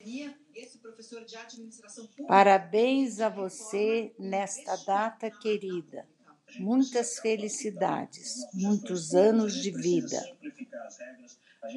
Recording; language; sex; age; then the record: short text; Brazilian Portuguese; female; 70 to 79 years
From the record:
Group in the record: control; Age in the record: 70 years